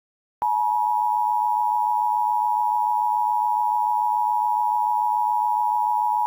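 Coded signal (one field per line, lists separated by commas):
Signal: Emergency Alert System (SAME) tones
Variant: 853 and 960 Hz attention tone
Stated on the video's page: EAS SAME tones in a fictional scenario film, a simulated alert rather than a real broadcast.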